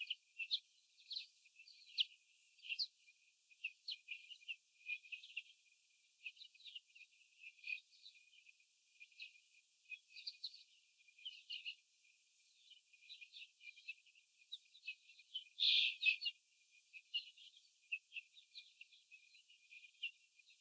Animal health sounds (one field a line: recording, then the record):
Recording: young laying hens in a cage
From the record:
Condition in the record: after the stressor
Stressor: sudden umbrella opening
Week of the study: 3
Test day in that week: 2